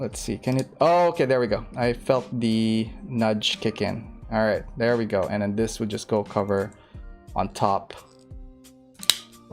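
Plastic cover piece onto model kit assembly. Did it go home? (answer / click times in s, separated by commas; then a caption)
yes / 9.1 s. Someone talks while pushing a plastic cover piece onto the top of an HG RX-78-6 Gundam G06 Mudrock model robot kit assembly. The cover snaps home with a sharp, loud snap at 9.1 s, seating it in place.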